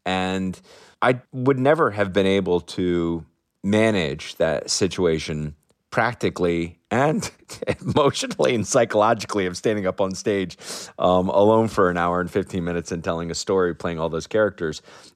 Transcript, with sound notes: And I would never have been able to manage that situation practically and (laughter) emotionally and psychologically of standing up onstage alone for an hour and 15 minutes and telling a story, playing all those characters.